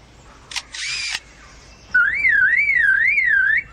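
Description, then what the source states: Lyrebird mimicry: a click and a brief whirring mechanical burst, then a smooth siren-like tone wavering up and down, like a car alarm. Lyrebird mimicking human-made sounds: camera shutter, camera with motor drive, and car alarm.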